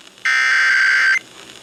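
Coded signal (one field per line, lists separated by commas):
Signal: Emergency Alert System (SAME) tones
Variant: header bursts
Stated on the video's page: EAS alerts from NWS Paducah.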